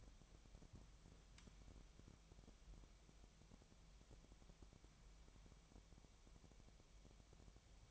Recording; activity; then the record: daily activity, microphone in the room; wipe stove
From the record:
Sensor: 1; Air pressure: 1007.1 hPa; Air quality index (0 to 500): 204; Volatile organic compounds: 22 ppm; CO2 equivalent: 2758 ppm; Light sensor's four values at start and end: 13/33/13/15 and 13/33/13/15